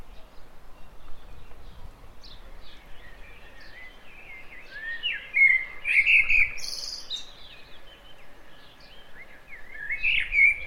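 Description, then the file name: Common blackbird: warbled mid-pitched phrases ending in high squeaky twitters, repeated several times over steady background hiss. "Turdus merula"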